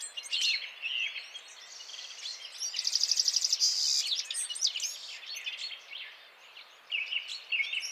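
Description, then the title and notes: Citril finches twittering, with a rapid ticking trill in the middle, a brief quieter pause, then more bright chirping phrases. Males singing in a gathered flock before females at end of winter, 17 March 2017, Vallon de Combeau, Drôme, France, mountains; recorded with Nagra Seven and Telinga P7. "Printemps de Venturon. Vallon de Combeau - Drôme"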